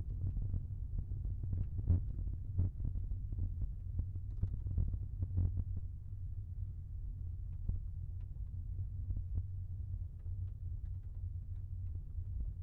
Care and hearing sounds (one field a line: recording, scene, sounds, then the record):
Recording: everyday scene through a hearing-aid microphone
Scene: in a vehicle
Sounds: engine, rumble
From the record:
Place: Skoda Fabia, gasoline engine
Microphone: behind the ear, left, front